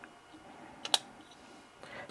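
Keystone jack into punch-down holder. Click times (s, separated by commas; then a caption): 0.9 s. A Cat6 keystone jack is pressed into a plastic punch-down holder. A small tick comes just before a sharp, bright snap at 0.9 s, followed by faint handling noise. The jack snaps into the holder and is seated.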